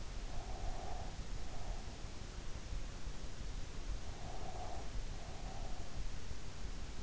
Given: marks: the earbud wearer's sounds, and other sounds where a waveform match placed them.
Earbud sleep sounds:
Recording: sounds in sleep by an in-ear microphone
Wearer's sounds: breath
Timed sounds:
0.22-2.08 s: breath
4.07-5.98 s: breath

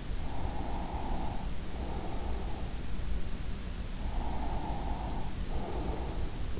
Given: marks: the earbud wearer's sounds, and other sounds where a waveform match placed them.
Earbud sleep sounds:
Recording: sounds in sleep by an in-ear microphone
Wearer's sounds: breath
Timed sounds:
0.14-2.81 s: breath
4.08-6.60 s: breath

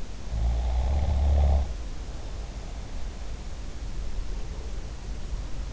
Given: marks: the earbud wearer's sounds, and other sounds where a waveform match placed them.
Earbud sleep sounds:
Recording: sounds in sleep by an in-ear microphone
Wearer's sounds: snoring breath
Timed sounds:
0.36-2.93 s: snoring breath

